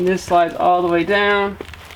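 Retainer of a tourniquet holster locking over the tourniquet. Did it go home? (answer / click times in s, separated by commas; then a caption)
no / none. Someone talks while the retaining part of a fabric Condor tourniquet holster is slid all the way down over the tourniquet, with faint handling noise after the speech. The retainer has not locked into place yet; nothing has seated or clicked.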